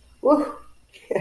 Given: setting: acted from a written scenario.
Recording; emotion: vocal sound without words; triumph